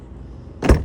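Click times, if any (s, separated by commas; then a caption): 0.6 s, 0.7 s. The tailgate or floor panel of an Audi A3 S-line Sportback's two-level trunk is shut into the boot opening. After a quiet low background, a short, sharp double impact lands at about 0.7 s, two hits just milliseconds apart. The trunk closes with a snap and is seated.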